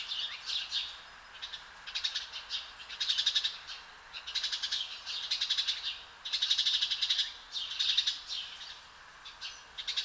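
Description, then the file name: House sparrow chirps in short clustered bursts, each a quick run of sharp notes with quiet gaps between groups. "Passer domesticus"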